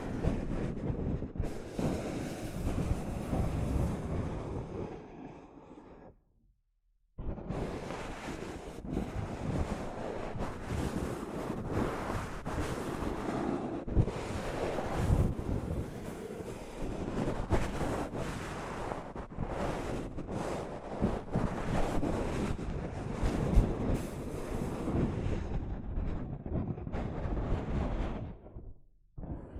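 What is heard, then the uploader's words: Soft fabric brushes against a microphone in a continuous, dense rustle, mostly low and muffled with brighter scratchy strokes in rapid succession. Around six seconds the sound cuts out completely for about a second, then resumes and runs steadily until fading just before the end. ASMR Mic Brushing using Soft Fabric (No Talking).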